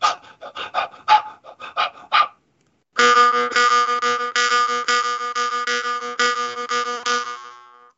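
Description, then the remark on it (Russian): Quick, rhythmic panting belly breaths give way to a loud, steady jaw harp drone, its buzzy twang pulsing in a fast belly-breathing rhythm before fading out at the end. “То есть вы научитесь вот этому как раз частому дыханию животом, раз, и научитесь правильно, красиво играть на варгане.”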